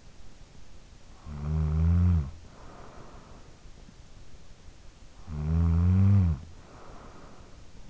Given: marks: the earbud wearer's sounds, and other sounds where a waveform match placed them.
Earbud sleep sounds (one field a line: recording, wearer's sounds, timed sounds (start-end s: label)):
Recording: sounds in sleep by an in-ear microphone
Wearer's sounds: snoring breath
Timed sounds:
0.85-3.87 s: snoring breath
4.84-7.90 s: snoring breath